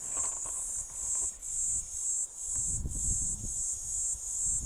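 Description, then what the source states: Platypleura divisa cicada calling, a high buzzing band broken into short pulses, steady throughout, with low rumbling beneath. Recorded 13 December, just past Piet Retief.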